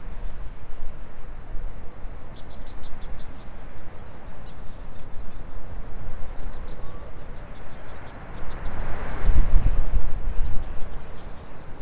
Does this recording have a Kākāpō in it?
no